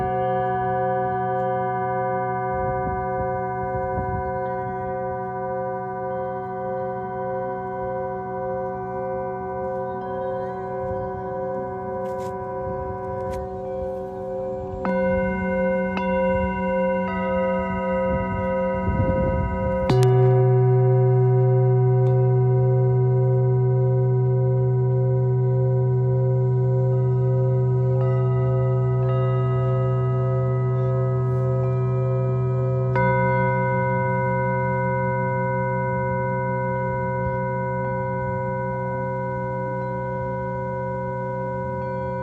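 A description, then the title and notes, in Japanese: Singing bowls ring in long, overlapping tones for sound healing, their pure pitches sustaining and slowly pulsing. Around 15 and 20 seconds new strikes add deeper, louder tones, the lowest swelling strongly, with a few light taps and clicks earlier; the sound then rings on, fading gradually. メキシコから シンギングボウルのサウンドヒーリング ライブ。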